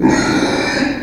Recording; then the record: squeal of a Yucatan mini pig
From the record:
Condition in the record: before surgery on the right vocal fold (resection and tissue-engineered implant); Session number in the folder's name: 1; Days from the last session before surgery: -21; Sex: female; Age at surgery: 19 weeks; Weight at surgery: 25 kg